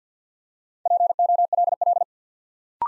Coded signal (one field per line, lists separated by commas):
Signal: Morse code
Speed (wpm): 50 wpm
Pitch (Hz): 700 Hz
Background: none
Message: POLL